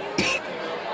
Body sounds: coughing mixed with background sound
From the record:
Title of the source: 64 coughing, allergies, singing lungs

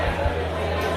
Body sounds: background sound without coughing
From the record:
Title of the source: CITY SOUNDS Busy Bar in the Evening Night - 2 HOURS of Ambiance for Relaxation

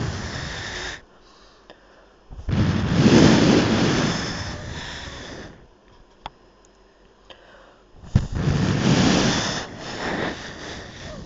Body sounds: background sound without coughing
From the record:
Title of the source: wind

